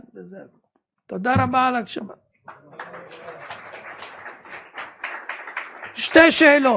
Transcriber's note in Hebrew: מחיאות כפיים